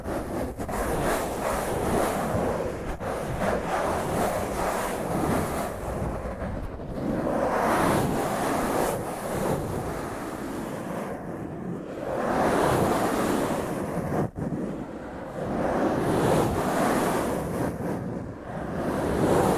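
Rough fingernails scratching across a microphone make a dense, steady rasping roar, swelling in slow surges with a few sharp clicks throughout.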